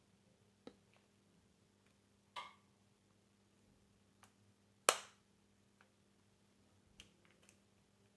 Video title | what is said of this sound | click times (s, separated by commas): WAHL VAPOR LE - SNAGGING ISSUE! 😤 UK | There we go, I heard a click then. | 4.9 s